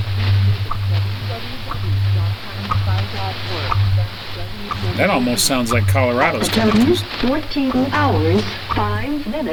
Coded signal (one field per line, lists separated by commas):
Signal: radio time signal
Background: speech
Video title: November 4th 2021, Solar storm affecting HF radio